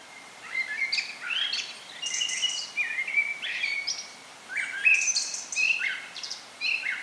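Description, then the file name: Common blackbird giving several short phrases of fluty notes, each followed by higher squeaky twittering, over a steady background hiss. "Turdus merula"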